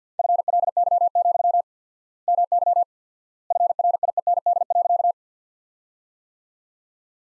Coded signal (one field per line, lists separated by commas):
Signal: Morse code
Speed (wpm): 50 wpm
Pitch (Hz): 700 Hz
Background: none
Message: FLY, MY FRIEND.